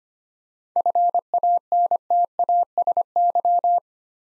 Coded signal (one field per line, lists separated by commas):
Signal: Morse code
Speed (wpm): 25 wpm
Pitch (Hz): 700 Hz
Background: none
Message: FANTASY